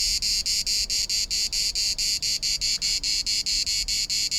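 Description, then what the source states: Cicada (Cicada orni): cicada song: a shrill, high buzz broken into quick, regular pulses, sustained throughout. Also called cigala.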